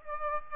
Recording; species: mosquito wingbeat signal from an infrared sensor; Aedes aegypti